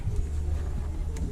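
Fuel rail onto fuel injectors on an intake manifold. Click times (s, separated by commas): 1.2 s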